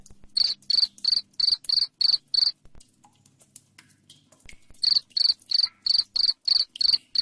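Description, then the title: Cricket giving loud, high pulsed chirps at a steady pace of about three per second, broken by a quiet stretch of two seconds before chirping returns. Loud cricket chirping played to make lovebirds sing continuously. "Suara JANGKRIK NGERIK Keras Bikin LOVEBIRD Jadi NGEKEK Terus Vubey"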